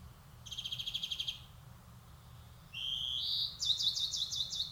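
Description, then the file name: European greenfinch giving a high, fast trill, a pause, then a short rising buzzy note and a rattling, stuttered trill. "Chloris chloris"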